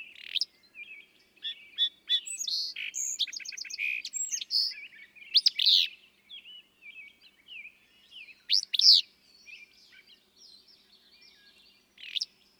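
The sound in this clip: Willow flycatcher's snappy buzzy song phrases stand out amid a busy chorus of rapid chirps and trills from other birds.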